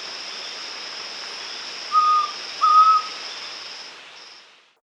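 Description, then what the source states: White-throated Antpitta gives two level whistled notes, the second slightly higher, over a continuous high buzz that fades near the end. Recorded in South America.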